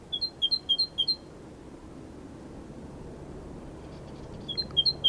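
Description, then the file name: Great tit calling in two short bursts of high, paired chipping notes, a quiet pause of about three seconds between them, with low steady hiss underneath. "Parus major"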